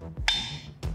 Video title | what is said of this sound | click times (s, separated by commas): Proper installation of XPR QuickLock electrodes | insert on the end of the electrode and turn it until you hear an audible click | 0.3 s